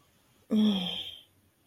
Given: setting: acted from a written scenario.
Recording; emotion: vocal sound without words; contempt